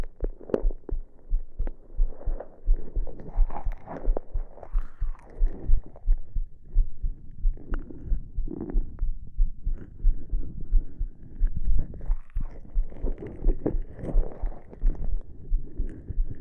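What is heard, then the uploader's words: Ear massage, with muffled rubbing and soft thumping pressed against the microphone. The sound is dense and continuous, mostly low and dull, with frequent irregular thumps and swishing strokes that rise and fall every second or two across the whole clip. Ear massage, giving you a different enjoyment, full of strength.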